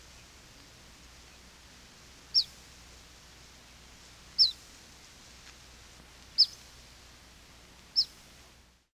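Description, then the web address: Black phoebe: four short, sharp, high-pitched notes with a quick downward slur, spaced roughly two seconds apart over a faint steady hiss. "peterchen. 101 Bird Songs. Black Phoebe"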